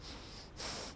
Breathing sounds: one breath in and out by a microphone near the nose and mouth; strong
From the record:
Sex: male

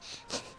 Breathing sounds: one breath in and out by a microphone near the nose and mouth; strong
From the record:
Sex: male

